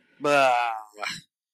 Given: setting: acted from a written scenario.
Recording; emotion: vocal sound without words; disgust